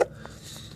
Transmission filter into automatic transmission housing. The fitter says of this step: just snaps right into place there and now